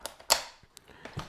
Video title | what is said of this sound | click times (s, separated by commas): Unboxing the Mockingbird Single to Double Stroller 2.0 | Snaps right in. | 0.3 s